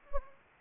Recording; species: mosquito wingbeat signal from an infrared sensor; Anopheles gambiae